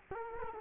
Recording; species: mosquito wingbeat signal from an infrared sensor; Culex quinquefasciatus